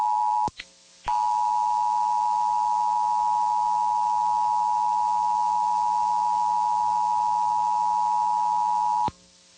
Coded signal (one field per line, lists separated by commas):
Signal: Emergency Alert System (SAME) tones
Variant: 853 and 960 Hz attention tone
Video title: [EAS #2564-#2567] Kentucky & Pennsylvania RMTs